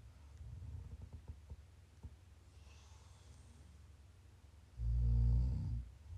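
Quiet, low breathing rumble gives way to one loud, deep, rattling snore lasting about a second near the end. This is ordinary snoring from an adult sleeper, recorded as ASMR sleep audio.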